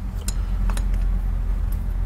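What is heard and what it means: A torque wrench set to 12–15 ft-lb is pulled in one smooth stroke on a cylinder head bolt during the second torque sequence, and it clicks sharply at 0.3 s. Several fainter clicks and taps follow over a steady low hum, and the bolt reaches its setting.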